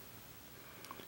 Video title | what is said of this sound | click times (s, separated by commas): VIDAR UPGRADE REVEALED, MG PROVIDENCE BOX ART, and a Completed Exia! - Gunpla Building w/ News | we're going to take this piece and we're going to click this into here | 0.9 s